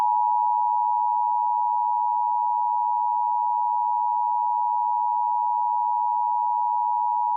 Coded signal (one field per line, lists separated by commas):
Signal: Emergency Alert System (SAME) tones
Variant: 853 and 960 Hz attention tone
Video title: The Triggering (Troll EAS Scenario)